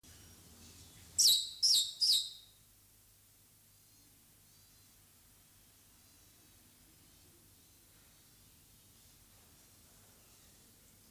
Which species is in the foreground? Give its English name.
Black-winged Starling